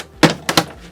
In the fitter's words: and it plugs into place.